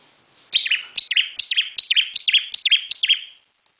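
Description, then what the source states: Bar-winged prinia giving a quick run of about seven sharp, descending chirps, each note dropping in pitch, lasting roughly three seconds. Local name ciblek; described with the bird-keeping term 'semi super gacor', meaning very active, persistent singing.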